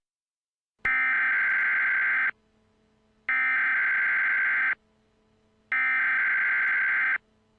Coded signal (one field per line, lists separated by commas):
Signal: Emergency Alert System (SAME) tones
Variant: header bursts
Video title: EAS Alerts from August 21, 2017 (EAS #200-202)